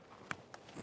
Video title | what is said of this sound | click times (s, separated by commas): How to Replace Front Lower Control Arm with Ball Joint 2005-2010 Dodge Dakota | press that in listen for a click make sure it's secured together | 0.3 s